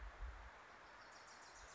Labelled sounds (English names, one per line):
Wilson's Warbler